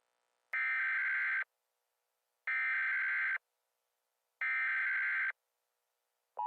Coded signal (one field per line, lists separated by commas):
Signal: Emergency Alert System (SAME) tones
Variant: header bursts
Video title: EAS Scenario: Honolulu Tsunami